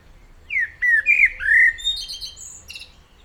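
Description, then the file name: Common blackbird song: several rich whistled notes that dip and rise, then a string of high, bright squeaks. "Turdus merula"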